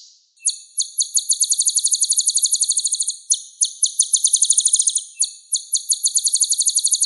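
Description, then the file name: Olive-backed sunbird giving a fast, steady trill of sharp high notes in three runs separated by brief pauses, with no other sounds. Clear sound. "suara burung kolibri ninja jernih"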